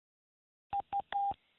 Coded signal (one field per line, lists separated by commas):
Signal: none